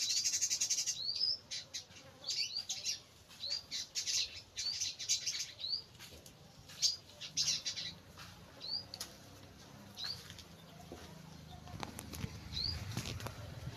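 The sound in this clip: Birds chirping: short, bright upswept chirps repeated irregularly through the first eight seconds, then sparser notes over a faint background hiss.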